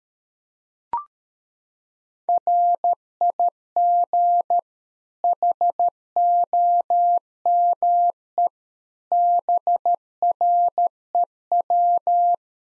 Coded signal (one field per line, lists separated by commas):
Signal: Morse code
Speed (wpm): 13 wpm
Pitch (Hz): 700 Hz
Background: none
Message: RIG HOMEBREW